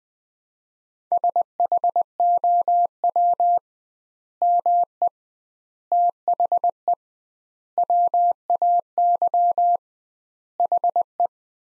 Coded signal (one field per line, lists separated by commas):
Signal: Morse code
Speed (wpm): 20 wpm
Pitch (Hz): 700 Hz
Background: none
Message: SHOW ME THE WAY HE